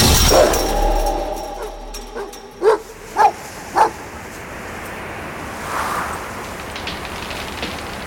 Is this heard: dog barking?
yes